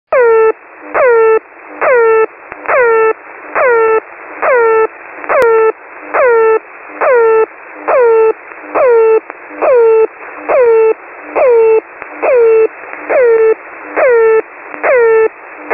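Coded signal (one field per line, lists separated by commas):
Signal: channel marker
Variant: The Air Horn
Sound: horn-like blasts about once a second, each starting with a downward pitch swoop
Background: radio static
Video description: Characteristics: Air horn like sound, 24/7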